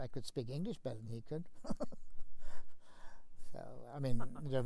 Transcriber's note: laughs